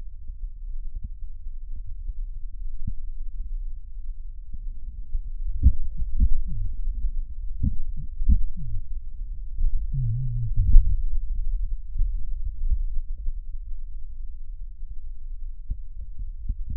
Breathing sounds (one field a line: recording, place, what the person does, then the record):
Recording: lung sounds by stethoscope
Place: right posterior basal chest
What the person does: quiet breathing, then cough and speech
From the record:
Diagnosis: COPD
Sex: male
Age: 70 years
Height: 174 cm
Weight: 94 kg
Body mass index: 31.0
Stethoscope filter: bell mode